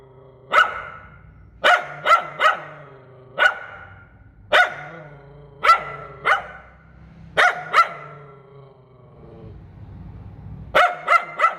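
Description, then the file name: Poodle barking in short sharp yaps, singly and in quick pairs or triples, about thirteen barks with pauses, over a low steady hum. "Tieng cho poodle sua"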